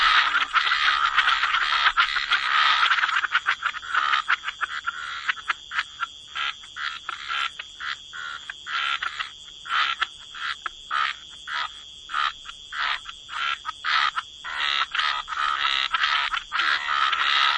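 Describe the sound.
Frogs in chorus, dense overlapping croaks at first, then breaking into short rasping pulses with brief gaps, under a steady high-pitched hum.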